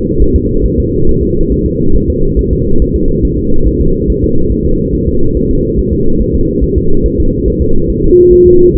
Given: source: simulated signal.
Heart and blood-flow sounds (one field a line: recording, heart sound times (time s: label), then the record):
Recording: fetal heart sounds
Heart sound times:
0.22 s: S1
0.36 s: S2
0.66 s: S1
0.80 s: S2
1.09 s: S1
1.23 s: S2
1.52 s: S1
1.66 s: S2
1.96 s: S1
2.10 s: S2
2.39 s: S1
2.53 s: S2
2.82 s: S1
2.96 s: S2
3.25 s: S1
3.39 s: S2
3.67 s: S1
3.81 s: S2
4.10 s: S1
4.24 s: S2
4.52 s: S1
4.66 s: S2
4.94 s: S1
5.09 s: S2
5.37 s: S1
5.51 s: S2
5.79 s: S1
5.93 s: S2
6.21 s: S1
6.35 s: S2
6.64 s: S1
6.78 s: S2
7.06 s: S1
7.20 s: S2
7.48 s: S1
7.62 s: S2
7.90 s: S1
8.04 s: S2
8.33 s: S1
8.47 s: S2
8.76 s: S1
From the record:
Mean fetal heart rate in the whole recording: 140 bpm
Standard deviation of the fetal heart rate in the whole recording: 2 bpm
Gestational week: 34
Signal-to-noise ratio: -19.1 dB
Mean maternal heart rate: 72 bpm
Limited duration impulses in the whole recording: present